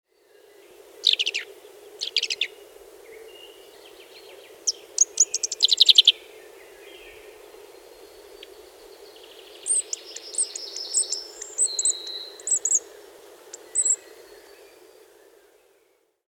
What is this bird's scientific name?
Lanius collurio